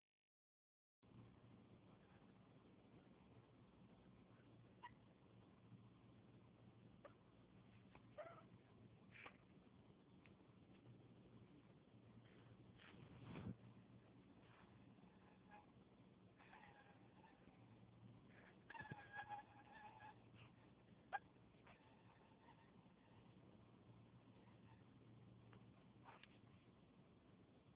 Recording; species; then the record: mosquito flight sound by mobile phone; Anopheles farauti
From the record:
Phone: Huawei 866C